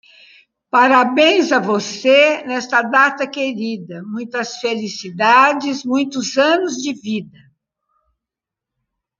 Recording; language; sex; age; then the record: short text; Brazilian Portuguese; female; 70 to 79 years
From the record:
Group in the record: control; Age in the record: 75 years